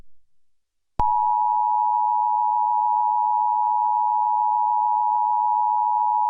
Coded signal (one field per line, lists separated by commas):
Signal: Emergency Alert System (SAME) tones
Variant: 853 and 960 Hz attention tone